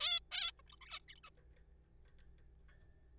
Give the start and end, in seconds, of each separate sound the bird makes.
0.01-0.19, 0.32-0.51, 0.59-0.62, 0.70-0.72, 0.72-0.80, 0.81-0.99, 1.00-1.15, 1.16-1.20, 1.23-1.30